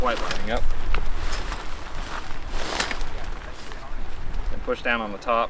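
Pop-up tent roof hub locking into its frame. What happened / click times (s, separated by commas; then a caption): The frame hub is being pressed but has not locked yet / none. Someone talks while pushing down on the top roof hub of a pop-up shower tent frame, which is not quite lining up, with brief handling knocks and rustles between the words. The hub has not snapped into place yet; nothing has seated or clicked by the end of the clip.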